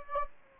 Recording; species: mosquito wingbeat signal from an infrared sensor; Anopheles gambiae